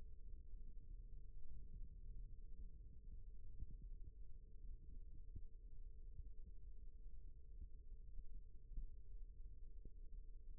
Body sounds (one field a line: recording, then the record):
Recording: forearm muscle sounds (acoustic myography)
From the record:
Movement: rest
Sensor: system 1, eight BSWA MPA416 microphones around the upper forearm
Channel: 3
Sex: female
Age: 22 years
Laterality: right